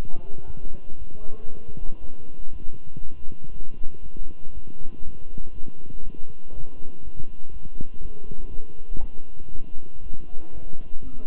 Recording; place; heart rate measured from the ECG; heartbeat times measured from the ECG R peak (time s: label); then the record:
heart sounds by stethoscope; between the tricuspid and mitral areas; 119 bpm
0.46 s: heartbeat
0.98 s: heartbeat
1.48 s: heartbeat
2.00 s: heartbeat
2.51 s: heartbeat
3.02 s: heartbeat
3.52 s: heartbeat
4.02 s: heartbeat
4.53 s: heartbeat
5.03 s: heartbeat
5.53 s: heartbeat
6.03 s: heartbeat
6.53 s: heartbeat
7.03 s: heartbeat
7.52 s: heartbeat
8.01 s: heartbeat
8.50 s: heartbeat
9.00 s: heartbeat
9.51 s: heartbeat
10.02 s: heartbeat
10.53 s: heartbeat
11.03 s: heartbeat
From the record:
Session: walking at 3.7 km/h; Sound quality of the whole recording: good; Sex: male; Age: 23 years